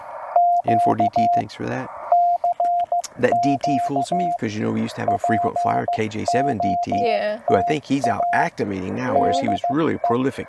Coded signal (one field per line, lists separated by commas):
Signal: Morse code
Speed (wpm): 15 wpm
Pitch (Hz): 700 Hz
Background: speech, radio noise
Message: Q CQ POTA DE